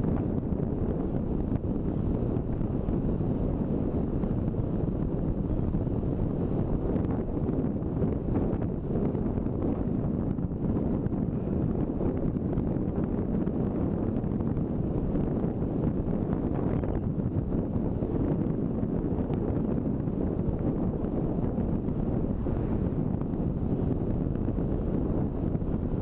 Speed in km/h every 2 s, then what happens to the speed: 40, 41, 41, 41, 41, 41, 42, 42, 42, 42, 43, 43, 43.
0-26 steady at about 42.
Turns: none.